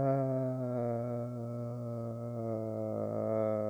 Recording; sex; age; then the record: sustained vowel /a/; male; 20 to 29 years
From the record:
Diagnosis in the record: healthy control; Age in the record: 21 years